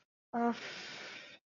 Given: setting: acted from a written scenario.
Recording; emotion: vocal sound without words; shame